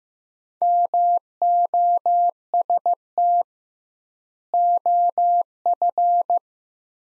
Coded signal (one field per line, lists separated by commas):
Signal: Morse code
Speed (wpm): 16 wpm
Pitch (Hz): 700 Hz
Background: none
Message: MOST OF